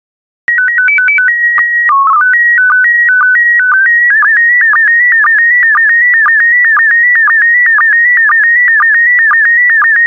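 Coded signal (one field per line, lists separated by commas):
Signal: SSTV (slow-scan television)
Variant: PD 120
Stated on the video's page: PD120 SSTV images.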